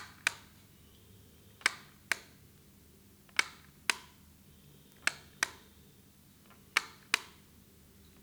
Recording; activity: daily activity, guitar pickup as the sensor; operate light